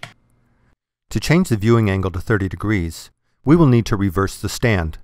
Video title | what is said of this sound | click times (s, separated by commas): Mitel® 6863i Hardware Overview Tutorial | Slide the stand to the right and it will snap into place | 0.0 s